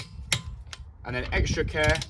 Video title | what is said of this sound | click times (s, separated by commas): HOW TO CHANGE A WHEEL SAFELY: How to remove and refit car wheel (Using a Jack) | just like that okay so spreading the load across the wheel waiting for the torque wrench to click | 0.3 s